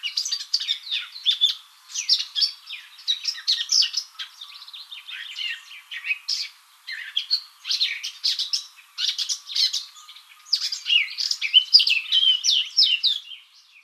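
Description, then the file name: Eurasian blackcap warbling almost continuously, a hurried stream of chirps, trills and scratchy notes in short bursts one after another. "Sylvia atricapilla"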